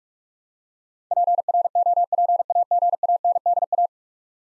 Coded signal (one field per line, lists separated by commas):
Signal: Morse code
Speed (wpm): 45 wpm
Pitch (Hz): 700 Hz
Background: none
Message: PROPAGANDA